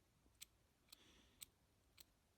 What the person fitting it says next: It doesn't have the most positive click, right?